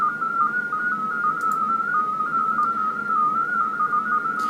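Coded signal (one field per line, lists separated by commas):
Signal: multi-tone FSK (Olivia or MFSK type)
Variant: MFSK16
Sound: a steady warbling tone hopping rapidly between nearby pitches, like a quick melodic burble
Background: radio static, low hum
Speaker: i appear to have gotten it tuned in now as you can see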